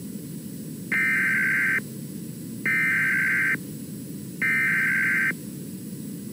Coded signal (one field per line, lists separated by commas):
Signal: Emergency Alert System (SAME) tones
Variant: header bursts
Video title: EAS 1367: Washington State Amber Alert